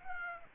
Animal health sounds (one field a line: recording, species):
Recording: mosquito wingbeat signal from an infrared sensor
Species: Aedes aegypti